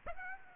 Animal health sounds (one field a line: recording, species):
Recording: mosquito wingbeat signal from an infrared sensor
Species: Aedes aegypti